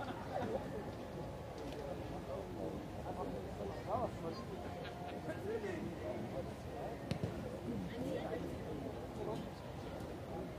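People passing by in Munich's Englischer Garten, with fragments of conversation overlapping in a steady, dense murmur. Occasional short knocks and taps punctuate the babble, notably around four and seven seconds, over a constant low rumble.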